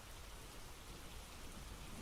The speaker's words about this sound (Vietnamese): Tiếng gió rít, tiếng những hạt mưa lộp bộp rơi trên mái tôn, tiếng sấm chớp ì ùng làm cho khung cảnh nơi đây trở nên ma quái và ảm đạm.